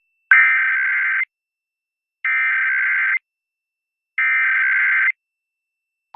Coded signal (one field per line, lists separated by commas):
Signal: Emergency Alert System (SAME) tones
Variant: header bursts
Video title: 2023 National Periodic Test (Wireless Alert & Radio EAS)